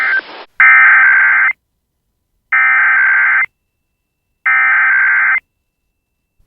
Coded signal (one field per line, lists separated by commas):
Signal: Emergency Alert System (SAME) tones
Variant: header bursts